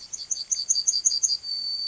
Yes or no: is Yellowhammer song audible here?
yes